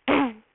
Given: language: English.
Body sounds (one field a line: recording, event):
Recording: throat vibration sensor signal played as sound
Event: throat clearing